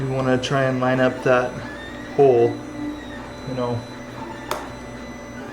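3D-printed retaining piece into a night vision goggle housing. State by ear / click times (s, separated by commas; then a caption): seated / 4.5 s. A 3D-printed plastic retaining piece for a night vision goggle housing is lined up with a screw hole and pressed down while someone talks. It snaps into place with a short, sharp click at 4.5 s, and the piece is seated.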